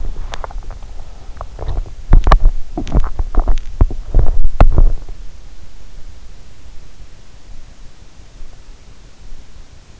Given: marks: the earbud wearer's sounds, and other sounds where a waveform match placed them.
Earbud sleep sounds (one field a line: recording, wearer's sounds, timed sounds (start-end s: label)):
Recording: sounds in sleep by an in-ear microphone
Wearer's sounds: teeth grinding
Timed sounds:
0.00-5.22 s: teeth grinding